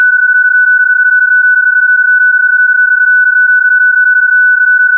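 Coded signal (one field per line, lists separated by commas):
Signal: PSK31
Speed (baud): 31.25 baud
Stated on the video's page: PSK31 sent from home in an RV during a Digital Mode Revival live stream.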